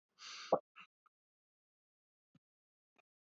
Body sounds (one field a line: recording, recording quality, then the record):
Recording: shallow breathing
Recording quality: poor, much background noise or distortion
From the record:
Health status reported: respiratory illness, not identified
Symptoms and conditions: none ticked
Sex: male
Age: 28 years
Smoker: not ticked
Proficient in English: yes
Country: India